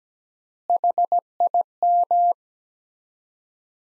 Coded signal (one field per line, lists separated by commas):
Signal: Morse code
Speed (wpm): 17 wpm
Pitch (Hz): 700 Hz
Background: none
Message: HIM